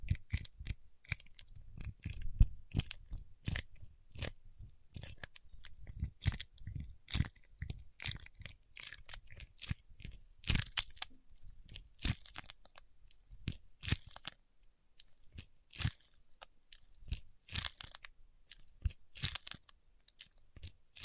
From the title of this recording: Paraffin Wax Peeling, Tapping and Scratching